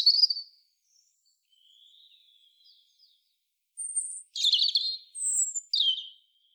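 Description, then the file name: European robin: a brief high note, faint thin whistles, then a loud pure whistle followed by a trilling, descending warbled phrase. "Erithacus rubecula"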